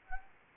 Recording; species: mosquito wingbeat signal from an infrared sensor; Anopheles arabiensis